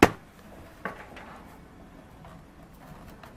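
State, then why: Seated. During a PC build, a small plastic push-in clip with little pins is pressed into a hole in the PC case panel until it snaps in, with a sharp click at 0.0 s. Softer taps follow at about 0.9 s, 1.2 s and 3.2 s over a quiet background. The clip is seated and does not come back out when pulled.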